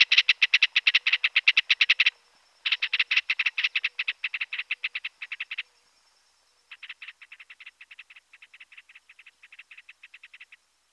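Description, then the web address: Ringed kingfisher rattling in three loud, grating bursts of fast clicks separated by short pauses, the last bout softer. Pantanal, Brazil. "sescpantanal. Martim pescador grande"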